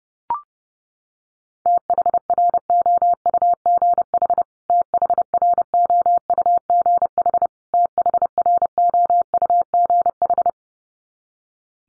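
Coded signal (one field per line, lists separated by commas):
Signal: Morse code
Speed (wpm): 30 wpm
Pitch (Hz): 700 Hz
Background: none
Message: THROUGH THROUGH THROUGH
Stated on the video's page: Top 200 English words drill at 30 wpm, each word sent three times, then once more.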